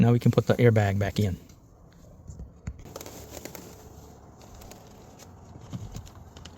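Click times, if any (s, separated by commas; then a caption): none. Someone talks during the first second and a half as the driver airbag module of a 2011 BMW 528i, its two wires reconnected during a spiral cable/clock spring replacement for a dead horn and SRS airbag light, is lined up against the steering wheel. Only soft handling, rustling and light tapping noises follow as the module is positioned before being pressed in. Nothing has seated or clicked yet.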